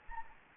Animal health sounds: mosquito wingbeat signal from an infrared sensor; Anopheles gambiae

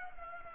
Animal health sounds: mosquito wingbeat signal from an infrared sensor; Culex pipiens

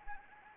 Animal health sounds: mosquito wingbeat signal from an infrared sensor; Anopheles gambiae

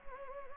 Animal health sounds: mosquito wingbeat signal from an infrared sensor; Anopheles arabiensis

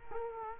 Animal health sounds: mosquito wingbeat signal from an infrared sensor; Culex quinquefasciatus

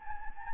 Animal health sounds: mosquito wingbeat signal from an infrared sensor; Anopheles gambiae

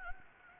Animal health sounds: mosquito wingbeat signal from an infrared sensor; Anopheles gambiae

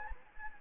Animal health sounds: mosquito wingbeat signal from an infrared sensor; Anopheles gambiae

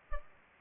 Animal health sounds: mosquito wingbeat signal from an infrared sensor; Culex pipiens

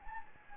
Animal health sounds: mosquito wingbeat signal from an infrared sensor; Anopheles gambiae

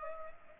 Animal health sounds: mosquito wingbeat signal from an infrared sensor; Culex pipiens

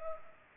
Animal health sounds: mosquito wingbeat signal from an infrared sensor; Culex pipiens

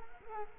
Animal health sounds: mosquito wingbeat signal from an infrared sensor; Culex quinquefasciatus

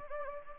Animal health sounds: mosquito wingbeat signal from an infrared sensor; Anopheles gambiae

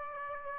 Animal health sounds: mosquito wingbeat signal from an infrared sensor; Aedes aegypti

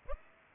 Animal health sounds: mosquito wingbeat signal from an infrared sensor; Aedes aegypti

